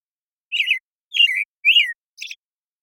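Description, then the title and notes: American Robin singing a run of four whistled phrases, rich and warbled, ending with a softer squeaky note; nothing else audible. Morning song in a very long sequence, Pacific Northwest, Washington, United States; parabolic microphone recording, processed clean for clarity with natural pacing and rhythm kept. "American Robin, Turdus migratorius, morning song, very long sequence, parabolic recording, processed clean for clarity, natural pacing and rhythm maintained, family Thrushes and Allies, order Passeriformes Recorded in the beautiful Pacific Northwest, Washington, United States"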